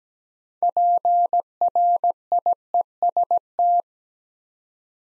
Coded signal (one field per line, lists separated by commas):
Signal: Morse code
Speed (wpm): 17 wpm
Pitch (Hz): 700 Hz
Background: none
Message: PRIEST